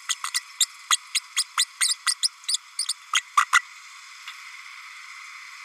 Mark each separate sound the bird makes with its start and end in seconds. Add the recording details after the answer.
0.08-0.15, 0.34-0.40, 0.60-0.65, 0.90-0.98, 1.14-1.20, 1.36-1.43, 1.57-1.64, 1.80-1.94, 2.06-2.15, 2.22-2.30, 2.48-2.58, 2.78-2.85, 3.13-3.22, 3.37-3.45, 3.52-3.62. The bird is a female. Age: 32 days. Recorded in a nest box in Venezuela. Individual 17B32A5